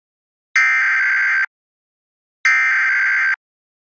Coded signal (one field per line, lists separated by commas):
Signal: Emergency Alert System (SAME) tones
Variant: header bursts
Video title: EAS Scenario 5: The Connecticut Shootings